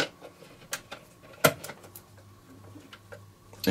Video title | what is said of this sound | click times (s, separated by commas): ADJ Pocket Pro Vs Inno Pocket Spot - Very Different Animals | basically she just locks in place and | 1.4 s